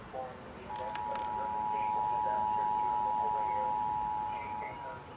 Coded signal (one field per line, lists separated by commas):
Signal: Emergency Alert System (SAME) tones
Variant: 853 and 960 Hz attention tone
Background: speech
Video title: EAS- More Monsoon Storm Alert Catches, an RMT, and a NWR Weekly (8/26/25-8/27/25)